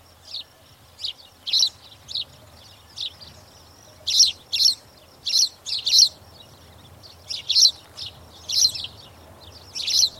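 Spanish sparrow chirping busily, many high, sharp notes in an uneven stream, some bunched close together.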